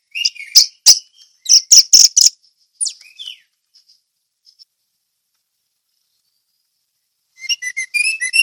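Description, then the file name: Orange-headed thrush song: jumbled high chirps and whistles opening the passage, a long quiet stretch, then a fast twittering phrase at the end. Song of the anis merah in the ngeplong teler style. "suara anis merah ngeplong teler"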